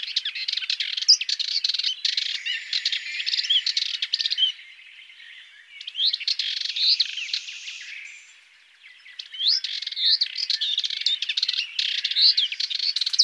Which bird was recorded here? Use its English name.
Sardinian Warbler